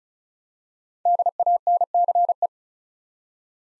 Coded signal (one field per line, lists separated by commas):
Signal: Morse code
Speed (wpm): 36 wpm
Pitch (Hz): 700 Hz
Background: none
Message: DANCE